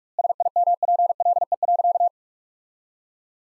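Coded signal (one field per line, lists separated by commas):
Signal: Morse code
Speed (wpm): 41 wpm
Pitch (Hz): 700 Hz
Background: none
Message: SIMPLE.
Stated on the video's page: Morse sentence practice at 45 wpm with double standard word spacing, a Farnsworth-like approach, using the top 400 words.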